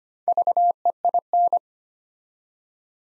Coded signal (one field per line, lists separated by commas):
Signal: Morse code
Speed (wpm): 25 wpm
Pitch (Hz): 700 Hz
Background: none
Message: VEIN